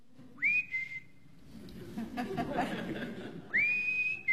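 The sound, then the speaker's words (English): Someone whistles outside: two short whistled phrases, each rising to a sustained high tone, separated by a stretch of low murmuring noise and faint chuckling. “Someone's whistling outside.”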